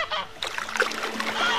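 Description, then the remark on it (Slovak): Birds screech and squawk in harsh, overlapping bursts, a steady fairly loud chorus of high, honking cries with no voices. “Čo toľko škriekate po tvoje?”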